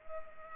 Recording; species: mosquito wingbeat signal from an infrared sensor; Culex pipiens